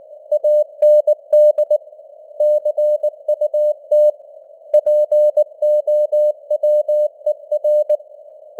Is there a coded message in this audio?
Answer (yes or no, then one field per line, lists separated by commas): yes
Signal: Morse code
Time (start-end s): 0.3-8.0 s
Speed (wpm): 19 wpm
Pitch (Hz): 600 Hz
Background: none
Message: AND CUT POWER